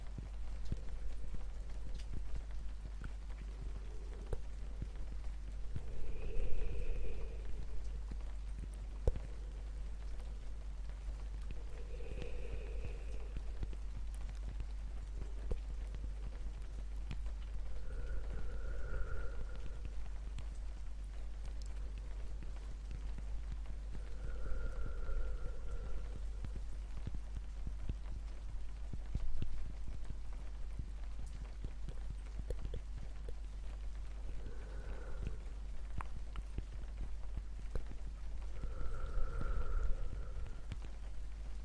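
Soft, scattered tapping runs over a steady low rumble and a faint hiss of rain throughout. Every five or six seconds a breathy, low whisper swells and fades, some carrying a brief higher tone, with the loudest around the seven and forty second marks.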